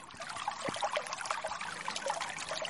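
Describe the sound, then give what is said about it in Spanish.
An offering drink is poured into a pit in the ground for the earth, a steady splashing trickle with small bubbling gurgles, fairly quiet and continuous for a few seconds with no voices. “El agua purificadora se activa challando el pozo con las bebidas ofrendadas, porque la tierra también tiene sed.”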